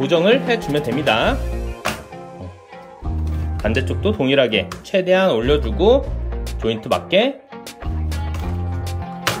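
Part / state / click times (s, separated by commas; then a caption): ratchet joint of a plastic transforming robot toy / seated / 9.3 s. Someone talks over background music while transforming a plastic War for Cybertron Kingdom Autobot Ark robot toy, raising the inner ratchet joint on the second side as far as it goes. The joint locks into position with a sharp ratchet click at 9.3 s.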